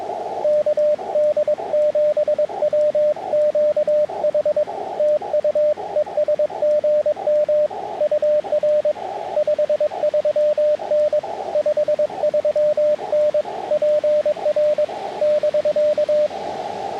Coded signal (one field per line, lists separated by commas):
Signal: Morse code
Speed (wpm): 21 wpm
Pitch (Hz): 560 Hz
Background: radio noise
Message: KD7WQH TU ES GM UR 53N 53N PR <BK>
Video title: Parks on the Air Morse Code (CW) activation summary